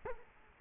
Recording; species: mosquito wingbeat signal from an infrared sensor; Culex quinquefasciatus